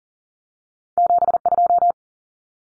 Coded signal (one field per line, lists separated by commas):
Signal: Morse code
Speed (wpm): 40 wpm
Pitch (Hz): 700 Hz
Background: none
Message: 72